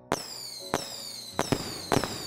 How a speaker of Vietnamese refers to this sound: Bà nhìn thấy từng bông pháo bay lên trên bầu trời, phát ra tiếng vi vu của đám thanh niên mua về đốt trộm cho không khí thêm nhộn nhịp, rồi nổ tung những tiếng đùng đoàn rộn rã.